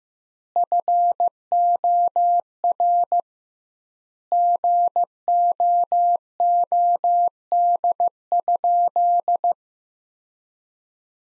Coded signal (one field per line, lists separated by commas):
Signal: Morse code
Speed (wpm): 16 wpm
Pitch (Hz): 700 Hz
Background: none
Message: FOR GOOD?